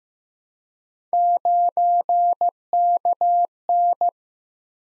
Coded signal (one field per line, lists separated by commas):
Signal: Morse code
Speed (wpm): 15 wpm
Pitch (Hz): 700 Hz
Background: none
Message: 9KN